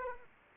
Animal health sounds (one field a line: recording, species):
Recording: mosquito wingbeat signal from an infrared sensor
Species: Anopheles arabiensis